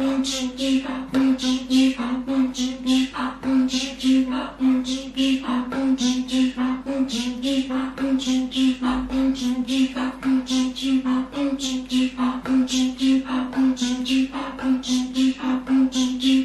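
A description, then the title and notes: Inuit throat singing: a steady low drone with fast, regular rhythmic pulses of breathy bright sound, repeating several times per second throughout. Chant de gorge inuit.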